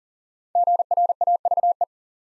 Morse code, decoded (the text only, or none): GRAVE